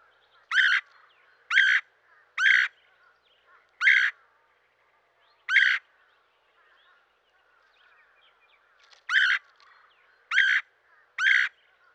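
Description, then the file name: Red-headed woodpecker calls, harsh rasping notes given singly: three in quick succession, then two more spaced by pauses, and another run of three. "dan-gibsons-solitudes red-headed-woodpecker"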